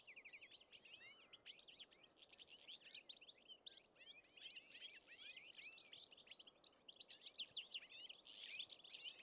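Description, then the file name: European goldfinch calls, a dense run of bright, liquid twittering notes, continuous throughout over a faint steady background hiss. "Carduelis carduelis"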